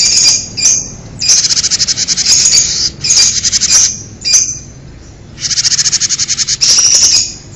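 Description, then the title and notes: Bird delivering loud buzzy trills in quick succession, rattling pulsed phrases alternating with short smoother notes and brief silences. "Bird Sound. Kicau Burung Lengkap"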